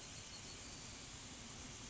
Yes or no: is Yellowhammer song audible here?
no